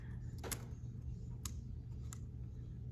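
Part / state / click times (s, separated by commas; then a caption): laptop webcam module into display housing / seated / 1.5 s. A webcam module for a Lenovo Yoga 11e Gen 5 laptop is fitted into the plastic notch and divot in the laptop lid's display housing against a steady low hum. It snaps into place with a sharp click at 1.5 s, followed by a second, softer click at 2.1 s. The camera module is seated in the bezel notch.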